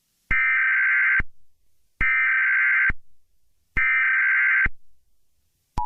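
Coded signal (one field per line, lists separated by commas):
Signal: Emergency Alert System (SAME) tones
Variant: header bursts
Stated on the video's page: Fictional EAS scenario, not a real alert.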